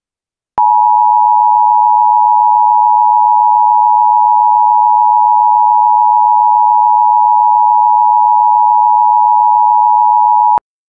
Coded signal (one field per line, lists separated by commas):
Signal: Emergency Alert System (SAME) tones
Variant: 853 and 960 Hz attention tone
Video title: EAS Scenario - Parasitic Violence